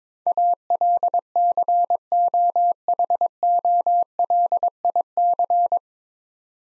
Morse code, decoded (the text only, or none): ALCOHOLIC